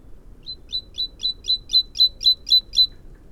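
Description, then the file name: Great tit calling with an even series of about ten sharp, high chirping notes, spaced roughly a quarter second apart, against a quiet background. "Parus major"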